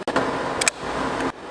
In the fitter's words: Did you hear that? That was the click.